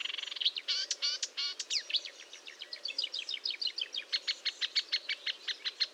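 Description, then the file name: Marsh warbler song, a dense rush of buzzy notes and trills, then evenly repeated high chirps about three per second. Recorded at Fontaine-Française (Fourneau), France, on 1 June 2022 at 10:55, using a Nagra recorder with a Telinga parabolic microphone. "Rousserolle verderolle 20220601 1055 Fontaine-Francaise-Fourneau-Nagra-Telinga"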